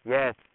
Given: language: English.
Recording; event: throat vibration sensor signal played as sound; speech